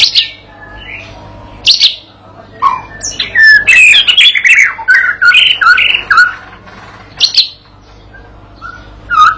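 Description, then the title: White-rumped shama song with sharp clicks and scattered whistles, building to a loud rich warbled phrase in the middle, then quieter notes. Master lure song used to train a young shama (murai batu paud) to sing gacor and prompt it to answer at once. "MURAI BATU PAUD BELAJAR GACOR, AJARI DENGAN MASTERAN PANCINGAN INI, PANCING LANGSUNG NYAUT"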